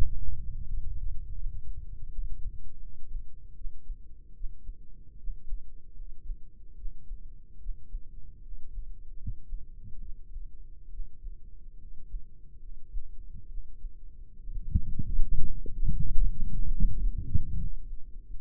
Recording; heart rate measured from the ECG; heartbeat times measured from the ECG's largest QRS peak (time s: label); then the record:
heart sounds by microphone in the right ear; 74 bpm
0.60 s: heartbeat
1.33 s: heartbeat
2.10 s: heartbeat
2.79 s: heartbeat
3.54 s: heartbeat
4.33 s: heartbeat
5.16 s: heartbeat
5.94 s: heartbeat
6.74 s: heartbeat
7.58 s: heartbeat
8.41 s: heartbeat
9.16 s: heartbeat
9.99 s: heartbeat
10.89 s: heartbeat
11.77 s: heartbeat
12.58 s: heartbeat
13.47 s: heartbeat
14.36 s: heartbeat
15.19 s: heartbeat
15.93 s: heartbeat
16.67 s: heartbeat
17.53 s: heartbeat
18.35 s: heartbeat
From the record:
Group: healthy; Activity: rest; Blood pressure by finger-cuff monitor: 117/63 mmHg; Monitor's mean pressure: 75 mmHg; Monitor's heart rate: 76 bpm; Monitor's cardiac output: 5.7 L/min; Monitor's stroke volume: 75 mL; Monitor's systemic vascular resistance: 950 dyn s/cm5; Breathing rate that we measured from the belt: 19 breaths a minute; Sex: male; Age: 20 years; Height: 167 cm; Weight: 61 kg